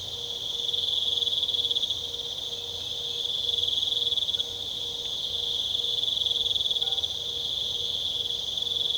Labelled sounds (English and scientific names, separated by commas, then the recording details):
none
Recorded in pastures near Puerto Asís, Putumayo, Colombia, on 22 December 2024 at 21:00
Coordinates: 0.486, -76.323
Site GP01